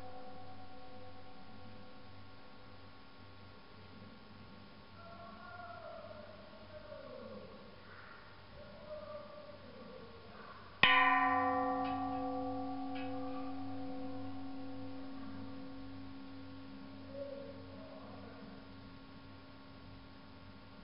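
A large temple bell rings out, decaying slowly, then is struck again near eleven seconds with a deep, long humming tone and faint voices.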